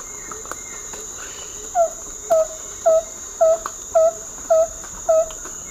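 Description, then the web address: White-lored antpitta song: a steady series of seven short, hollow, low whistled notes, evenly spaced about half a second apart, over a constant high insect-like whine. South America, eastern lowlands. "Natures Songs S America Eastern Lowlands 356-02 Hylopezus fulviventris, song"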